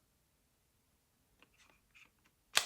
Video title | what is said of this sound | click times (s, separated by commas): Nintendo Switch 2 Unboxing | Let's hear that snap. | 2.6 s